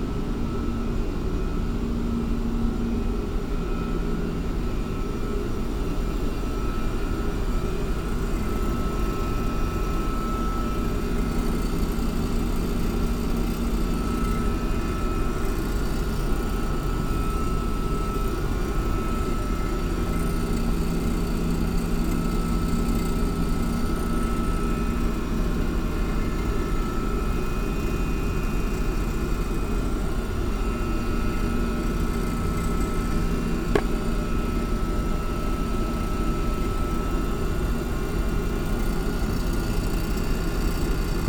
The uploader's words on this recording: Another soundwalk through various parts of the new NBMAA building under construction. Was following my ears to a sound that turned out to be a little pressure gauge on one of the machines in the basement that was vibrating away.